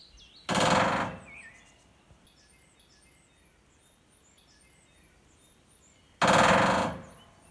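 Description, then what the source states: Woodpecker: two quick bursts of woodpecker drumming, each under a second and spaced about six seconds apart, over soft, high twittering from small birds. Fast drumming pace; both sexes drum, the male drums and the female may answer.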